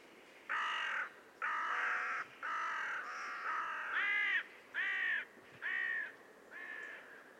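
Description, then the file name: Carrion crow cawing: a series of hoarse, drawn-out caws, about eight in seven seconds, over a soft steady background hiss. "Corvus corone"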